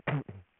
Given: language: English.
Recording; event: throat vibration sensor signal played as sound; throat clearing